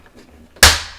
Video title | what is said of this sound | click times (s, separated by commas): Stanley FatMax Deep Pro Organiser | and lock it into place | 0.6 s